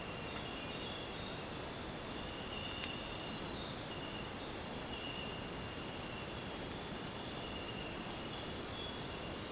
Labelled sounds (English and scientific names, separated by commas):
none